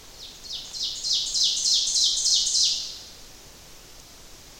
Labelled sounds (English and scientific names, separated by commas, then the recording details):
Ovenbird (Seiurus aurocapilla) song
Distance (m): 20 m
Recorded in boreal forest in Alberta, Canada, on 1 July 2016 at 08:47
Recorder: SongMeter 3, array SBT-6-79
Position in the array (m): 211 m, 25 m
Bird 39